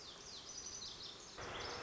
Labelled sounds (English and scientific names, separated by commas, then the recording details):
Lazuli Bunting (Passerina amoena)
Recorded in Sonoma County, California